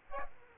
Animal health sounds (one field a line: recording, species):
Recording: mosquito wingbeat signal from an infrared sensor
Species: Aedes aegypti